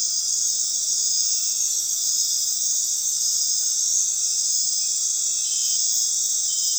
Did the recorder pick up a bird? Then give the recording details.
no. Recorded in dense forest near Puerto Asís, Putumayo, Colombia, on 20 February 2024 at 23:00. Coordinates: 0.499, -76.324. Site G6469